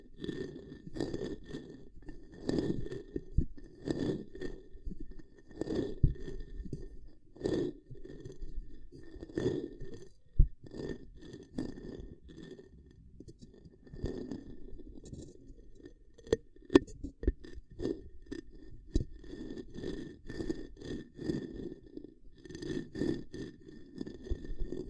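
Ear cupping triggers: soft, muffled rubbing and cupping sounds pulse in a low, hollow range, coming in repeated bursts every second or so. Sharp, crisp taps and clicks stand out around 10, 16 and 17 seconds, with a faint steady hum underneath throughout.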